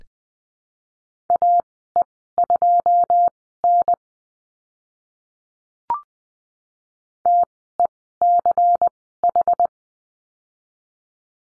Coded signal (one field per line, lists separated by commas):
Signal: Morse code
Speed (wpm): 20 wpm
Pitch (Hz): 700 Hz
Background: none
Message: AE2N TECH